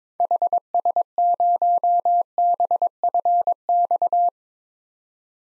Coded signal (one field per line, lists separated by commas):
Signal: Morse code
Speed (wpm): 22 wpm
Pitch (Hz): 700 Hz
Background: none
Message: HS0BFX